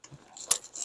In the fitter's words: these two guys down here very simple they just click right in